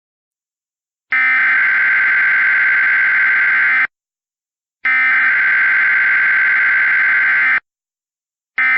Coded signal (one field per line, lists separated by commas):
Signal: Emergency Alert System (SAME) tones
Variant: header bursts